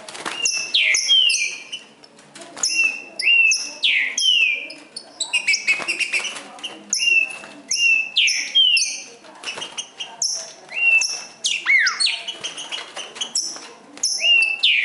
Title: Trinca Ferro NICÃ O No Mato Disputando Com Solto